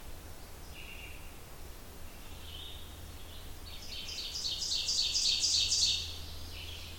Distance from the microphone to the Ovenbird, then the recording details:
about 30 m. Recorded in boreal forest in Alberta, Canada, on 27 June 2016 at 08:52. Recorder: SongMeter 3, array SBT-6-79. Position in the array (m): 65 m, 125 m. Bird 40